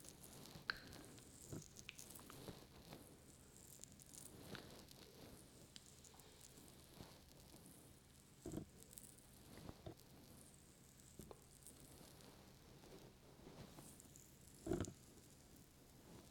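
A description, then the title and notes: Muffled rubbing and squishing of lotion being worked over the ears, with soft cupping pressure giving a dull, enclosed sound. Wet crackles and faint hissing run throughout, broken by brief louder pats or rubs near 8.5, 10 and 14.8 seconds. ASMR Ear Lotion Ear Massage Ear Cupping.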